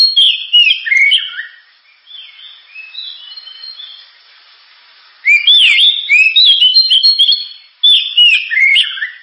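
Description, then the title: Oriental magpie-robin song: loud bursts of rich whistled and scratchy phrases, a softer warbling stretch in the middle, then two more vigorous bursts. Loud, sharp 'gacor' (constantly singing) kacer song, described as suited for use as 'pancingan' to prompt other birds to sing. "Kacer Gacor Suara Tajam. Kacer Gacor Suara Super Kenceng Cocok untuk Pancingan"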